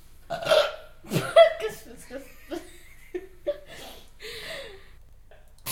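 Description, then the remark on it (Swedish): A string of short, throaty burps comes in irregular bursts, one after another, some louder and more drawn out than others, with brief quiet gaps between them. “Varför rapar du så mycket?”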